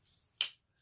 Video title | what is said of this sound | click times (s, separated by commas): My Cold Steel Recon 1 Review | And then when you open, you have that definite click, right? That snap into place, which is pretty cool. | 0.4 s